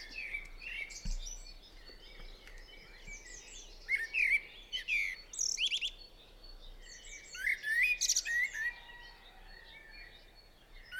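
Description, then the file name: Eurasian blackbird delivering repeated fluty, warbling phrases, each rounded off with high squeaky twitters; a low thump near the start, faint background hiss. Singing on a roof, recorded 28 April 2016 at 06:05. "2016-04-28-06 05-Merel-zingend-op-het-dak"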